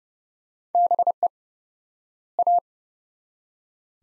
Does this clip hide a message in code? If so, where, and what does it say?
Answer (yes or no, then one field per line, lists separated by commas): yes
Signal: Morse code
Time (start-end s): 0.7-2.6 s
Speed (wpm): 29 wpm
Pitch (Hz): 700 Hz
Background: none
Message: BE A